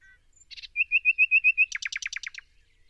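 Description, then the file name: Common nightingale song phrase: a brief buzzy burst, then a fast run of about seven rich piping notes near the same pitch, ending in a rapid rattling trill; quiet background. "Luscinia megarhynchos"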